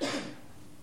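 A single short, husky cough from an adult man who is still sick lasts about a third of a second and fades into quiet room tone. It is an ordinary cough.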